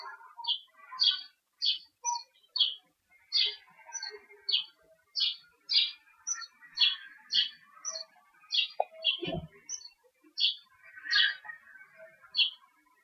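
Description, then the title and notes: Bird chirping, a steady string of bright, high chirps, with a single low thump later on. Urban outdoor soundscape in Murcia, Spain, recorded during the COVID-19 quarantine. "Historias Sonoras Del COVID 19 Aplausos y Pájaros. Infante Juan Manuel, Murcia. Ambiente exterior. Aplausos y pájaros. Paisaje sonoro de Murcia. España, durante la cuarentena"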